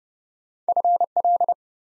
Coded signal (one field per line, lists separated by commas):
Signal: Morse code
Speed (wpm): 30 wpm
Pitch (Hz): 700 Hz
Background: none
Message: FL